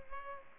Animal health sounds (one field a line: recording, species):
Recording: mosquito wingbeat signal from an infrared sensor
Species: Culex pipiens